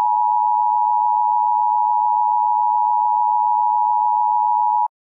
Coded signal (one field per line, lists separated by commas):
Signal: Emergency Alert System (SAME) tones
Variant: 853 and 960 Hz attention tone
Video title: Attack On London | EAS Scenario